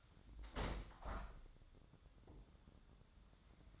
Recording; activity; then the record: daily activity, microphone in the room; open window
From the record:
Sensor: 3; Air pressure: 1006.5 hPa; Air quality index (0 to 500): 196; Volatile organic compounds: 15 ppm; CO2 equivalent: 2489 ppm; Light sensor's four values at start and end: 10/23/9/9 and 10/24/10/10